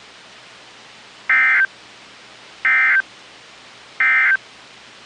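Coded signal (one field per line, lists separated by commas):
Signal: Emergency Alert System (SAME) tones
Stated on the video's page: Severe storm alerts from NOAA Weather Radio stations in Kentucky and Ohio.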